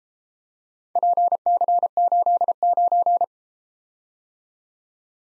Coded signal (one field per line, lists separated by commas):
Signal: Morse code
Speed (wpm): 31 wpm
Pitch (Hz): 700 Hz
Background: none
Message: PC89